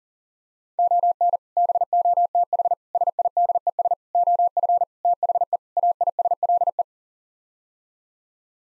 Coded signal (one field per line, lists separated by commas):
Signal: Morse code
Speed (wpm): 40 wpm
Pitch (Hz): 700 Hz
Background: none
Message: ON BOTH SIDES OF THE AISLE